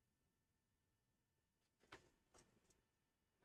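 A compressed clip is pushed into a downhill bike suspension fork during a spring tune-up. A quiet background gives way to a faint sharp hit at 1.9 s, followed by a few softer clicks and taps. The clip is left only partly seated and not fully home.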